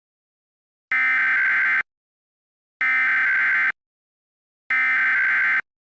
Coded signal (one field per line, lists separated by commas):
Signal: Emergency Alert System (SAME) tones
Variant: header bursts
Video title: Eas required weekly test July 20 2015 during spongebob mock